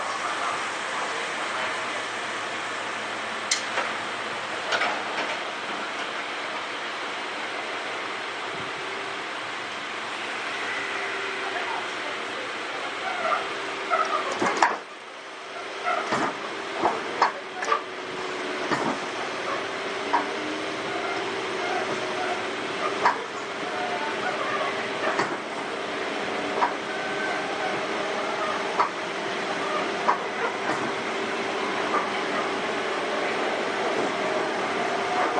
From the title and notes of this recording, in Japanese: 相鉄7000系 横浜ー大和。車体アルミ製20m長の車体。